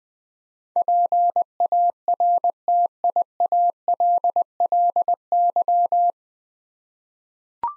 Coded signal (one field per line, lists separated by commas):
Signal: Morse code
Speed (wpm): 21 wpm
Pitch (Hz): 700 Hz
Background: none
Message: PARTIALLY